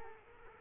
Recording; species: mosquito wingbeat signal from an infrared sensor; Culex quinquefasciatus